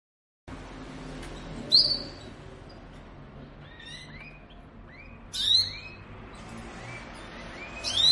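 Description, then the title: Belgian canary song: a few loud bright bursts with soft curved chirps between. Song used to stimulate canaries to sing and warm up; the Indonesian title describes a mating canary sound. "Canto Para Esquentar Canário Belga. suara kenari kawin"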